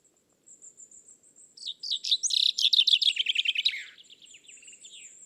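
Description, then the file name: Common chaffinch singing one vigorous phrase of rapid chirps that falls in pitch before a terminal flourish, while a thin high-pitched twittering continues behind it. "Fringilla coelebs"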